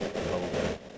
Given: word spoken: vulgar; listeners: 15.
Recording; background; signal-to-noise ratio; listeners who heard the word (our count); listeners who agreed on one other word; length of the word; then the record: one English word in noise, from a listening test; noise modulated by three-talker babble; -3.3 dB; 4 of 15; 10 of 15; 0.58 s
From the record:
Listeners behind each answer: 10, 4, 1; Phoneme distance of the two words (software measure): 30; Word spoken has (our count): 2 syllables, 5 phonemes, stress on syllable 1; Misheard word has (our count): 2 syllables, 5 phonemes, stress on syllable 1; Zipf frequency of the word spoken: 3.24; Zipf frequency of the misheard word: 3.28